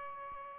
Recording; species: mosquito wingbeat signal from an infrared sensor; Aedes albopictus